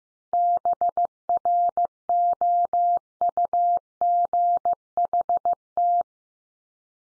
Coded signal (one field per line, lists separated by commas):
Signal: Morse code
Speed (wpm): 14 wpm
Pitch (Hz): 700 Hz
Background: none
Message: BROUGHT